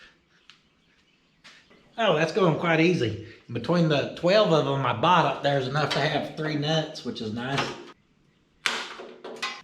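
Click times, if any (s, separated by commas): 8.7 s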